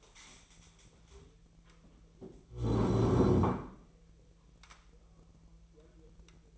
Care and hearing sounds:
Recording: daily activity, microphone in the room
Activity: stand up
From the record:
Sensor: 1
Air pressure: 1001.9 hPa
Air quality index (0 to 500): 246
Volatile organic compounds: 116 ppm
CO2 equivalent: 3855 ppm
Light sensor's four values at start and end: 11/27/11/13 and 11/26/11/12

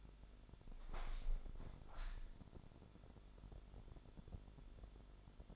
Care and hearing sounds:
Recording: daily activity, microphone in the room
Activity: open window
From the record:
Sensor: 5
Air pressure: 1006.6 hPa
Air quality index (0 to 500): 194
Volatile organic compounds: 6 ppm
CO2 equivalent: 1849 ppm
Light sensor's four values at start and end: 56/160/62/63 and 56/161/62/63

